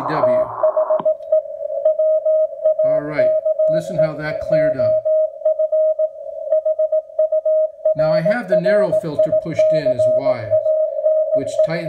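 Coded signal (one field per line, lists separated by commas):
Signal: Morse code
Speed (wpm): 18 wpm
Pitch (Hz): 630 Hz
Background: speech, radio noise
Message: THE WAKE OF HURRICANE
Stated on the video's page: Older rig's CW heard through a Timewave DSP audio filter.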